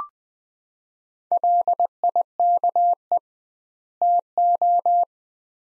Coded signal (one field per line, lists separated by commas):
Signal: Morse code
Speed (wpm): 20 wpm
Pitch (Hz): 700 Hz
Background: none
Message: LIKE TO